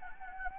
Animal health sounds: mosquito wingbeat signal from an infrared sensor; Anopheles gambiae

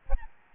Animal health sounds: mosquito wingbeat signal from an infrared sensor; Aedes albopictus

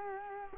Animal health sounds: mosquito wingbeat signal from an infrared sensor; Culex quinquefasciatus

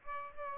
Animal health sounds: mosquito wingbeat signal from an infrared sensor; Aedes aegypti

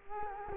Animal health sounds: mosquito wingbeat signal from an infrared sensor; Culex quinquefasciatus

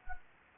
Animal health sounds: mosquito wingbeat signal from an infrared sensor; Anopheles gambiae

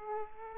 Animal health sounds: mosquito wingbeat signal from an infrared sensor; Aedes aegypti

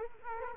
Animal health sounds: mosquito wingbeat signal from an infrared sensor; Culex quinquefasciatus

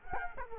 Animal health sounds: mosquito wingbeat signal from an infrared sensor; Culex quinquefasciatus

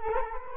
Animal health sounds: mosquito wingbeat signal from an infrared sensor; Culex quinquefasciatus

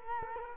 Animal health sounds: mosquito wingbeat signal from an infrared sensor; Culex quinquefasciatus

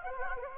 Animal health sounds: mosquito wingbeat signal from an infrared sensor; Anopheles gambiae

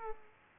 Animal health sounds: mosquito wingbeat signal from an infrared sensor; Aedes aegypti

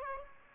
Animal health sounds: mosquito wingbeat signal from an infrared sensor; Aedes aegypti

